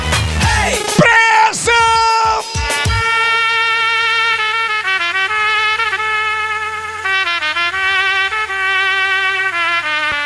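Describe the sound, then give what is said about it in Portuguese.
A crowd at a live show raises their hands and lets out a loud, ragged shout of "hey" in the first few seconds, then steady, sustained electronic music tones carry on at full volume. “Põe a mãozinha pra cima e grita, hey!”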